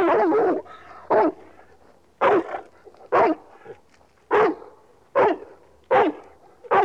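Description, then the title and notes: Dog barking, a series of short, sharp barks about once a second, with a fuller opening bark and quieter gaps between them. "NHK Sound Effects Collection - 3-Frogs, Crickets, Cicadas, Horses, Dogs. NHK効果音集 - 3-カエル・虫・セミ・ウマ・イヌ"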